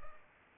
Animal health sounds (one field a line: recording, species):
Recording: mosquito wingbeat signal from an infrared sensor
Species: Culex pipiens